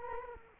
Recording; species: mosquito wingbeat signal from an infrared sensor; Culex quinquefasciatus